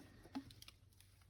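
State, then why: Not seated. While a DOC 250 spring kill trap is being reset, its metal trigger arm is handled and moved behind the sear on the plate, producing a few faint ticks and taps around 0.4, 0.5 and 0.6 seconds over a low steady hum. Nothing has seated or clicked home yet.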